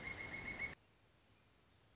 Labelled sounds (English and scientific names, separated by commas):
Pileated Woodpecker (Dryocopus pileatus)